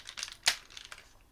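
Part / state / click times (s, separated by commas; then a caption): robot toy part into its locking slot / seated / 0.5 s. While transforming a POSE+METAL Series Braiger die-cast robot toy, a part is fitted inside and pushed into its locking slot, with light plastic ticks and rustling handling noises. A sharp click at 0.5 s marks the internal lock engaging, and the part is seated.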